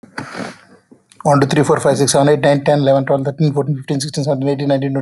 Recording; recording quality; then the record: counting at a fast pace; excellent, no background noise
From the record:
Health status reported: healthy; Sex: male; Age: 35 years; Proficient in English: yes